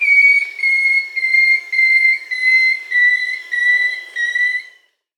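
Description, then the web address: Long-tailed woodcreeper song: a steady series of about eight clear, drawn-out whistles on nearly one pitch, drifting slightly lower, then ending abruptly. Recorded in the Amazon, Peru. "Natures Songs S America Birds of the Amazon 2. Long-tailed Woodcreeper (Deconychura longicauda), Peru"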